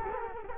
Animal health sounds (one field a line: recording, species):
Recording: mosquito wingbeat signal from an infrared sensor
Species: Culex quinquefasciatus